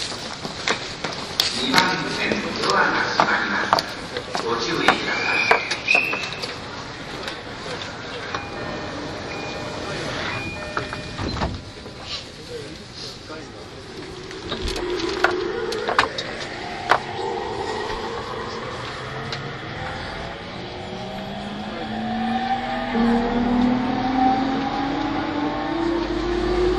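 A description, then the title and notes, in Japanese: An E231 series Yamanote Line train on the outer loop, with a steady rumble, frequent clicks and knocks, and voices early on. From about fifteen seconds the motor whine rises in pitch in layered tones as the train picks up speed. E231系 山手線外回り01 東京～東京。2010年代当時山手線で主力車両だった、E231系山手線外回りを収録したものです。音の旅(走行音)。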